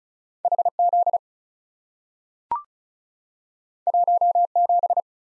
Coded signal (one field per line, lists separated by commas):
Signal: Morse code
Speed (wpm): 36 wpm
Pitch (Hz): 700 Hz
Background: none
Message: H Z 1 7